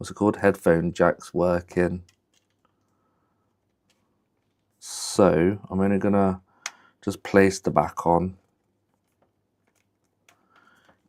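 Someone talks while pressing a plastic back cover onto an electronic device housing, the first attempt to fit it. Only faint, quiet ticks follow the speech, and the back cover fails to snap in, so nothing has seated or clicked yet.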